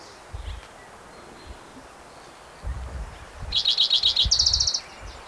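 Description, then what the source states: Spotted Towhee song, slurred notes then a rapid trill, over low rumbling thumps and background noise. Individual number one, recorded June 22, 2010, in Rhodes Canyon, Utah County, Utah.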